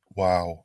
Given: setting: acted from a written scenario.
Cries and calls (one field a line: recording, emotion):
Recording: vocal sound without words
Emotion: awe